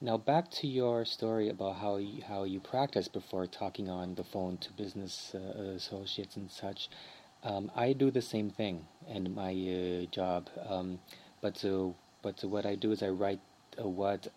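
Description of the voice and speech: An adult man speaks with word repetitions and drawn-out sounds before words, consistent with mild stuttering that is noticeable to listeners.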